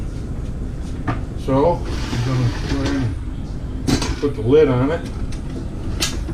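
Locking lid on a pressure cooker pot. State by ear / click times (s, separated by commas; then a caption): seated / 6.0 s. Someone talks while placing a lid on a pressure cooker pot, lining up the arrows and twisting it to lock. A single sharp click at 6.0 s marks the lid seating locked.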